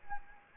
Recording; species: mosquito wingbeat signal from an infrared sensor; Anopheles gambiae